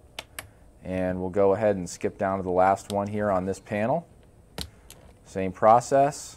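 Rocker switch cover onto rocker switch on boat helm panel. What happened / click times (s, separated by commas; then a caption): The switch cover clipped in / 0.2 s, 0.4 s. A new plastic rocker switch cover is pressed onto a rocker switch on a boat dash panel and clips in, with two sharp clicks at 0.2 and 0.4 seconds. Someone then talks, with a few brief ticks around 4.6 and 4.9 seconds, and the cover is seated.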